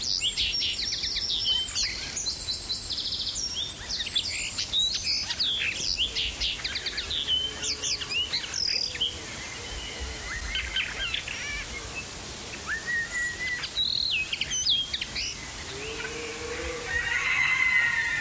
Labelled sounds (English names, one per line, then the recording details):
Common Linnet song
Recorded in the wild
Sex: male
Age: adult
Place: Ebeltoft, Halbinsel Mols, DK
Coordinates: 56.2239, 10.5783
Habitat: open country
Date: 1994-04-08
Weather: hazy, rime, ca. 0°C
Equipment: Sony WM-D6C, Sennheiser MKH 70, Kopie Revox C 270
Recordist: Frommolt, Karl-Heinz